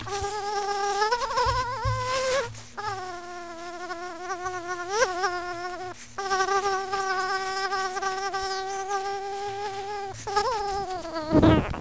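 Mosquito buzz, a thin whining drone with a rich stack of overtones. Its pitch wavers up and down, breaking off briefly a few times before resuming.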